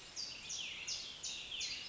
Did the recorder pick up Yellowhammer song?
no